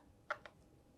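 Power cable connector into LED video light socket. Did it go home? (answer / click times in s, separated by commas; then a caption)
yes / 0.5 s. A power cable's twist-lock connector is pushed into the socket of a Godox S60 LED video light and twisted until it locks. A sharp tick at about 0.3 s is followed by the locking click at 0.5 s, in an otherwise quiet background. The connector is seated and confirmed in place.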